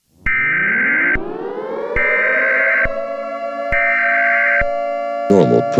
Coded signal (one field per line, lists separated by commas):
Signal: Emergency Alert System (SAME) tones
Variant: header bursts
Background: speech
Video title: EAS Scenario - The Intrusion